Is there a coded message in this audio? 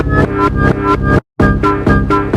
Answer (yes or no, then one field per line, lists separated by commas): no